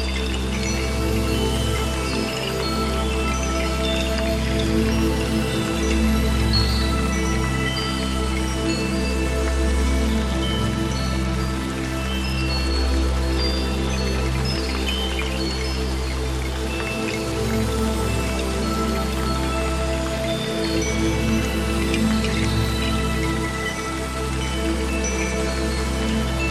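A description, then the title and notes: Rain falls steadily, a dense hiss of drops spread from low rumble up to a bright patter. The level barely changes across the whole stretch, with a deep, constant low hum underneath and only brief dips in the bass now and then. Dream Under Noise of a rain.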